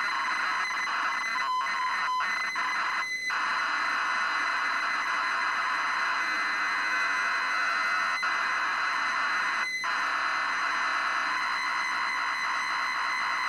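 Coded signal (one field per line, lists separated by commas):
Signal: ZX Spectrum tape loading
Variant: 48k ZX Spectrum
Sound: continuous harsh buzzing data screech with a few brief dropouts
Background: tape hiss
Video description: Featuring real time loading from cassette tape on a 48k ZX Spectrum. Previously untested 24 year old tape.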